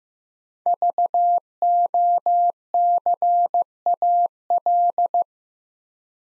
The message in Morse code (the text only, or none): VOCAL